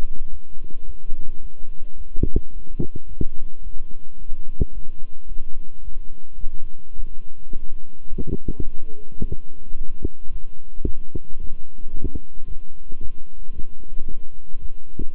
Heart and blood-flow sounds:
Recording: heart sounds by stethoscope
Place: between the tricuspid and mitral areas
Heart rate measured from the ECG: 109 bpm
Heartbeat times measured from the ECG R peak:
0.29 s: heartbeat
0.85 s: heartbeat
1.40 s: heartbeat
1.96 s: heartbeat
2.52 s: heartbeat
3.07 s: heartbeat
3.62 s: heartbeat
4.18 s: heartbeat
4.73 s: heartbeat
5.27 s: heartbeat
5.83 s: heartbeat
6.39 s: heartbeat
6.95 s: heartbeat
7.52 s: heartbeat
8.08 s: heartbeat
8.64 s: heartbeat
9.19 s: heartbeat
9.75 s: heartbeat
10.30 s: heartbeat
10.85 s: heartbeat
11.39 s: heartbeat
11.93 s: heartbeat
12.46 s: heartbeat
13.00 s: heartbeat
13.53 s: heartbeat
14.07 s: heartbeat
14.60 s: heartbeat
15.14 s: heartbeat
From the record:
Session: walking at 3.7 km/h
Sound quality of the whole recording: good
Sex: male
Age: 26 years

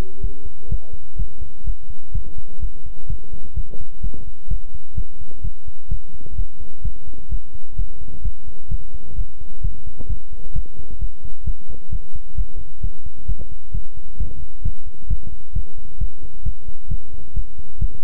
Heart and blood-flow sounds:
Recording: heart sounds by stethoscope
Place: between the tricuspid and mitral areas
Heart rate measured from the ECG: 130 bpm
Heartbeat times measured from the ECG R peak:
0.20 s: heartbeat
0.68 s: heartbeat
1.16 s: heartbeat
1.64 s: heartbeat
2.12 s: heartbeat
2.59 s: heartbeat
3.07 s: heartbeat
3.54 s: heartbeat
4.01 s: heartbeat
4.48 s: heartbeat
4.95 s: heartbeat
5.42 s: heartbeat
5.88 s: heartbeat
6.35 s: heartbeat
6.82 s: heartbeat
7.29 s: heartbeat
7.76 s: heartbeat
8.22 s: heartbeat
8.68 s: heartbeat
9.15 s: heartbeat
9.61 s: heartbeat
10.07 s: heartbeat
10.53 s: heartbeat
10.99 s: heartbeat
11.44 s: heartbeat
11.90 s: heartbeat
12.35 s: heartbeat
12.81 s: heartbeat
13.26 s: heartbeat
13.72 s: heartbeat
14.17 s: heartbeat
14.62 s: heartbeat
15.07 s: heartbeat
15.53 s: heartbeat
15.98 s: heartbeat
16.43 s: heartbeat
16.88 s: heartbeat
17.34 s: heartbeat
17.79 s: heartbeat
From the record:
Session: pedaling a stationary bicycle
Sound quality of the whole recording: good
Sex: male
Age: 24 years

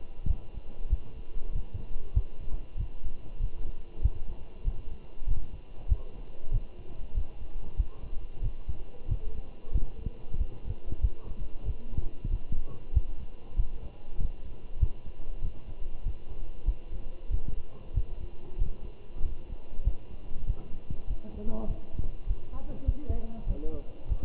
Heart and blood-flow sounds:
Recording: heart sounds by stethoscope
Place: between the tricuspid and mitral areas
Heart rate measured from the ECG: 96 bpm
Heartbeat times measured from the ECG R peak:
0.28 s: heartbeat
0.90 s: heartbeat
1.53 s: heartbeat
2.15 s: heartbeat
2.78 s: heartbeat
3.40 s: heartbeat
4.03 s: heartbeat
4.65 s: heartbeat
5.28 s: heartbeat
5.89 s: heartbeat
6.52 s: heartbeat
7.15 s: heartbeat
7.78 s: heartbeat
8.43 s: heartbeat
9.09 s: heartbeat
9.73 s: heartbeat
10.38 s: heartbeat
11.02 s: heartbeat
11.66 s: heartbeat
12.30 s: heartbeat
12.94 s: heartbeat
13.57 s: heartbeat
14.19 s: heartbeat
14.80 s: heartbeat
15.43 s: heartbeat
16.04 s: heartbeat
16.66 s: heartbeat
17.31 s: heartbeat
17.94 s: heartbeat
18.59 s: heartbeat
19.23 s: heartbeat
19.85 s: heartbeat
20.47 s: heartbeat
21.08 s: heartbeat
21.68 s: heartbeat
22.27 s: heartbeat
22.86 s: heartbeat
23.47 s: heartbeat
24.09 s: heartbeat
From the record:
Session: walking at 3.7 km/h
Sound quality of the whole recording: good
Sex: male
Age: 23 years

